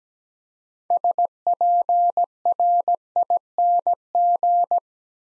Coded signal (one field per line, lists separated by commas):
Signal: Morse code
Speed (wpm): 17 wpm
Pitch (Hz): 700 Hz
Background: none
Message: SPRING